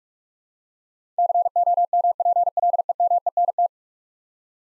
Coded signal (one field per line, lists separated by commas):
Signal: Morse code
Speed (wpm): 43 wpm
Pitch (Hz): 700 Hz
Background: none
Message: COMPLEMENT